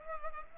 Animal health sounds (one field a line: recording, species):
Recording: mosquito wingbeat signal from an infrared sensor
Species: Culex pipiens